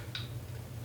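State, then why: Seated. During a rifle function check, the trigger is released after the hammer has dropped, and the trigger in the fire control group re-engages with a small, sharp click at about 0.2 seconds over a steady low hum. A faint high-pitched burst follows at the very end, and the trigger has reset.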